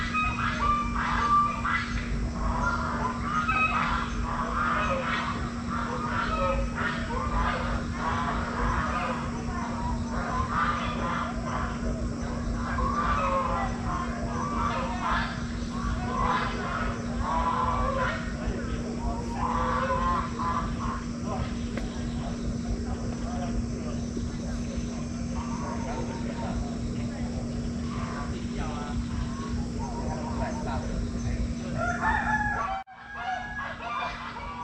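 A sunrise walk through mountain woodland at a leisure farm, filled with a dense, busy chorus of bird chirps and trills that carries on without pause. A steady low hum runs underneath, with occasional voices, and everything drops away abruptly near the end.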